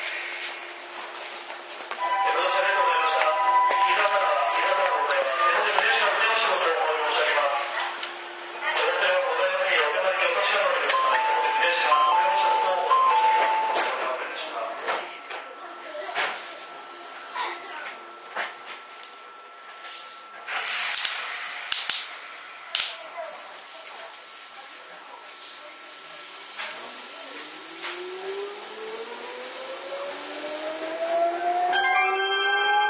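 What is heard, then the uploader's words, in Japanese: A local electric train, with a recorded announcement with chime tones running through the first half. The voice then gives way to a steady hum with clicks and rattles. Near the end, a rising motor whine climbs as the train pulls away. 伊豆急8000系 伊豆高原〜伊豆急下田。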